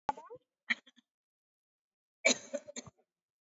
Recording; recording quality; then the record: shallow voluntary cough; excellent, no background noise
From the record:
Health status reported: COVID-19 positive, mild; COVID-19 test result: positive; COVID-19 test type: RT-PCR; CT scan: taken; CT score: 5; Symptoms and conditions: fatigue, muscle pain, hypertension, diabetes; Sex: female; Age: 65 years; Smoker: no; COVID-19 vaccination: one dose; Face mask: not worn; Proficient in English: yes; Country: India